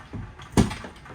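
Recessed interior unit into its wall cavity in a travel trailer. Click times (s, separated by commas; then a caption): 0.6 s. A snug, tight-fitting recessed interior unit in a 2024 Palomino SolAire 306RKTS travel trailer is pushed into its wall cavity. After a soft low bump near 0.1 s, one sharp knock sounds at 0.6 s as the unit seats and locks into place.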